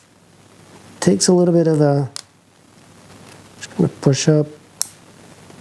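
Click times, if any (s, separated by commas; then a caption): 4.8 s. A small ribbon cable connector inside a DJI Mini 2 drone body is pulled and pushed up to unplug it from its circuit board socket, while someone talks. A single sharp click at 4.8 s marks the connector popping up off the socket and releasing.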